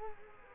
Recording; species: mosquito wingbeat signal from an infrared sensor; Culex quinquefasciatus